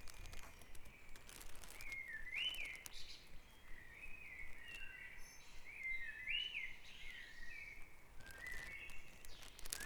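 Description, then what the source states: Birdsong at dawn: warbling, whistled phrases repeat throughout over a low steady rumble. Dawn chorus recorded at Back Dragon Avenue, Harrogate; part of the Sound Map of Harrogate.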